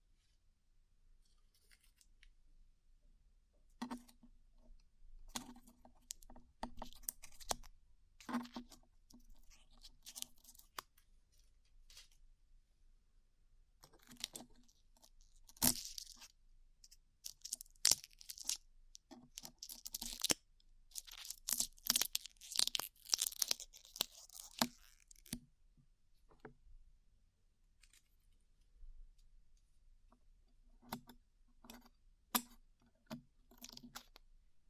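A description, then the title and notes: Glue being peeled off, heard as bursts of small sticky crackles and tearing sounds with quiet gaps between them. The peeling is sparse at first, grows dense and bright from about 15 to 25 seconds, then thins to scattered clicks. A low hum runs underneath throughout. ASMR Peeling Glue Off Your Ears (No Talking).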